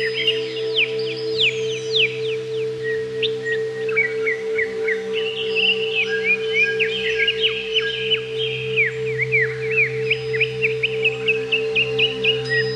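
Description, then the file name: Greater green leafbird singing a long, varied warble of sharp chips, whistled slurs and trills, rarely pausing, against a steady low droning tone. "cucak ijo"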